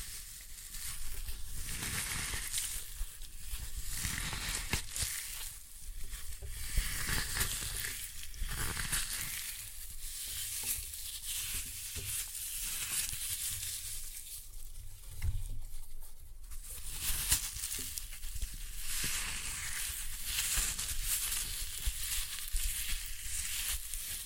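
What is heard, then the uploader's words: Floral foam is crushed with a continuous crackling, crumbling texture that never lets up for the whole stretch. The sound is bright and dense, with fine gritty detail, occasional low thumps of pressure, and slight swells in intensity every few seconds. Floral Foam Glitter Bomb Crushing.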